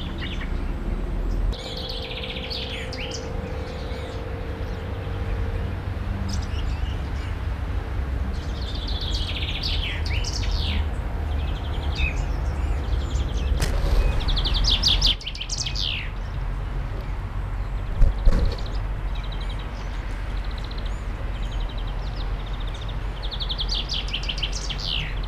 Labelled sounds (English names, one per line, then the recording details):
Common Chaffinch song
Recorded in the wild
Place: Oberstdorf, DE
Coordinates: 47.4103, 10.2797
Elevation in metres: 809
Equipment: Uher 4000 Report
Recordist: Tretzel, Erwin